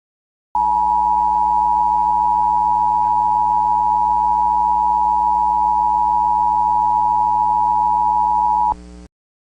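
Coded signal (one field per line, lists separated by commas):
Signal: Emergency Alert System (SAME) tones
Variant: 853 and 960 Hz attention tone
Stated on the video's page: Fictional EAS scenario.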